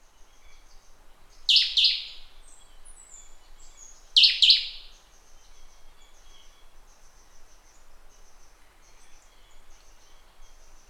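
Bird call of two harsh, scratchy double notes a few seconds apart, over faint high chirping.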